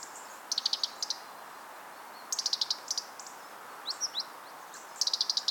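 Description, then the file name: European robin giving quick runs of dry, high-pitched ticks, three rapid bursts with a few faint thin notes between them. "Erithacus rubecula"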